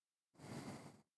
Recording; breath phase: one breath near a microphone; exhalation